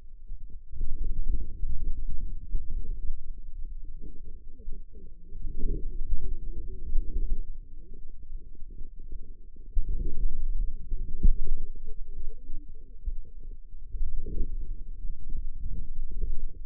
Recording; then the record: forearm muscle sounds (acoustic myography)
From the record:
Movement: outward rotation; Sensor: system 2, bracelet of six BSWA MPA416 microphones around the upper forearm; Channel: 6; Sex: female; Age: 21 years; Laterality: right